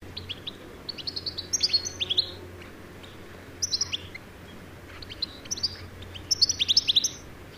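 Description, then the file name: European goldfinch: a few bursts of quick, tinkling high twittering, separated by quieter gaps over a low steady hum. "Carduelis carduelis"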